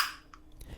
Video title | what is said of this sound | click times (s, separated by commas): Submersible Pump Cleaning (12V Pet Fountain) | To reassemble, everything just kind of snaps back into place. | 0.3 s, 0.6 s